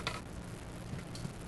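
An Allen wrench pushes the piston driver down inside the cylinder of a Senco SN IV 4 pneumatic framing nailer during an O-ring rebuild teardown. A sharp pop is heard at 0.07 s as the driver pops loose and is released, followed by a fainter tick at 1.2 s over a steady low hum.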